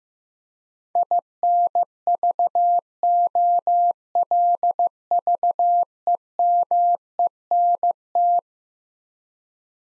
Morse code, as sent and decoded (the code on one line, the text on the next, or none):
.. -. ...- --- .-.. ...- . -- . -. -
INVOLVEMENT